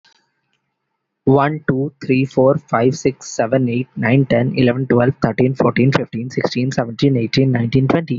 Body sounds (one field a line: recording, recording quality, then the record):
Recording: counting at a fast pace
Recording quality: excellent, no background noise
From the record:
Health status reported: healthy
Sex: male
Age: 20 years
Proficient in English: yes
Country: India